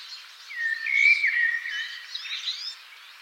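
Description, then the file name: Common blackbird song: a single low warbled phrase sliding and wavering, topped by thin high twitters. "Turdus merula"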